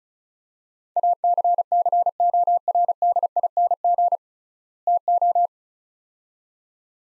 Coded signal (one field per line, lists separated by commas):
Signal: Morse code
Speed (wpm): 36 wpm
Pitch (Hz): 700 Hz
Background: none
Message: ACCORDING TO